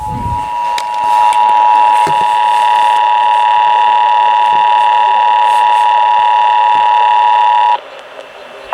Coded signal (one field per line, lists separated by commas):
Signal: Emergency Alert System (SAME) tones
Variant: 853 and 960 Hz attention tone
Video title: Monthly EAS Tests (+ Random Valentine's Day Rant) (2/14/23) (EAS #777-789)